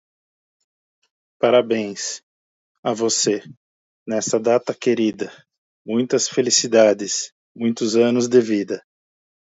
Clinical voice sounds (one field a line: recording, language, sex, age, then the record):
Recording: short text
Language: Brazilian Portuguese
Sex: male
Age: 50 to 59 years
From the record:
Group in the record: control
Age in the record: 56 years